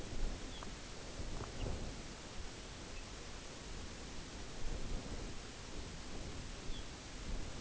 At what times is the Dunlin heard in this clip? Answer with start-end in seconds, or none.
none